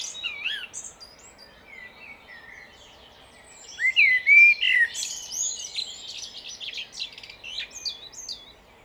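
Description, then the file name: Common blackbird song: a loud, fluty warbled phrase near the middle, followed by high twittering notes. "Turdus merula"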